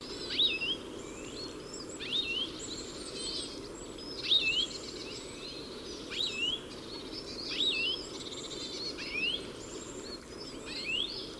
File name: Carduelis carduelis